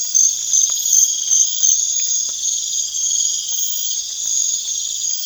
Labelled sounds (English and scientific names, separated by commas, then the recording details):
none
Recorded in pastures near Puerto Asís, Putumayo, Colombia, on 27 June 2025 at 00:30
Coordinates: 0.502, -76.324
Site G010